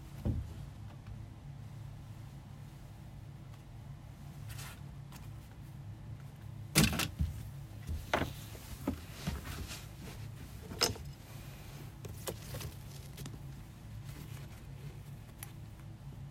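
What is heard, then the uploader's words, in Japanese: Clothes being folded and stacked away, with soft fabric rustles and light taps scattered through. A steady low hum runs underneath the whole time. The sharpest handling noises cluster after about seven seconds, with a few brief thumps near eleven and twelve seconds. 掃除と片付け。洋服をたたむ、重ねてしまう。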